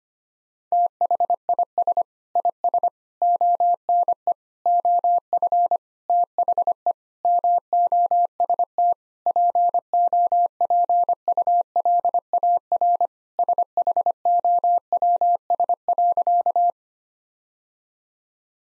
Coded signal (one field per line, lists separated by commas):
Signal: Morse code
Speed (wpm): 25 wpm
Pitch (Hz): 700 Hz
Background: none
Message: THIS IS ONE OF THE MOST POPULAR SHOWS.